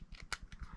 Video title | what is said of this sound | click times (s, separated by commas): Ultimaxx un-wrapped. checking them out before we going out to play. | this cover snaps right in | 0.3 s